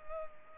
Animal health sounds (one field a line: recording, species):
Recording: mosquito wingbeat signal from an infrared sensor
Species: Culex pipiens